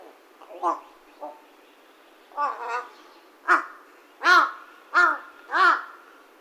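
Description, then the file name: Large-billed crow cawing: softer, rougher notes at first, building into a series of loud, harsh, arched caws about every two-thirds of a second. Recorded in Saitama, Japan, on 17 September 2021. "hashibutogarasu saitama"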